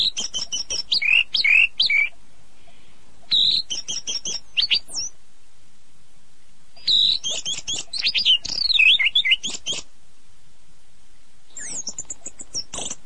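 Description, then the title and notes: Birds pouring out varied high whistles, trills and chirps in several bursts, with quiet pauses between. "Burung Kompilasi Suara Murai Air Cililin Gereja Tarung Kenari. kumpulan suara burung"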